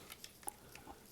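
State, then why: Seated. A plastic connector tab is pushed into a socket on the Studio Series 86 Constructicon Devastator combiner toy figure. Faint plastic ticks and taps lead up to one short, sharp plastic click at 0.5 s, followed by a few more light taps. The tab seats and stays in.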